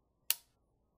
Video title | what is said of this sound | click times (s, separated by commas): New Trap Modifations | listen you can hear that click yeah | 0.3 s